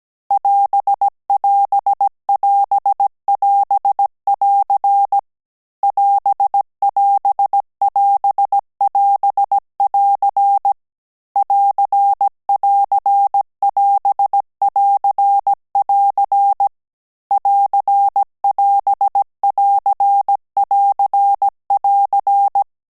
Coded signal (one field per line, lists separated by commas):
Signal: Morse code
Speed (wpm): 17 wpm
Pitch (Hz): 800 Hz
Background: none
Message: <AS><AS><AS><AS><AR> <AS><AS><AS><AS><AR> <AR><AR><AS><AR><AR> <AR><AS><AR><AR><AR>